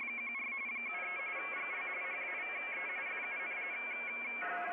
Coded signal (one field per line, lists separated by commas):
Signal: RTTY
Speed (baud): 45.45 baud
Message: 14 73 GL HAVE FUN